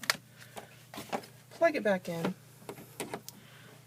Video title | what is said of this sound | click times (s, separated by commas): Stanley electric stapler/brad nailer | Push that tri trigger mechanism all the way in. So it locks in place, | 0.1 s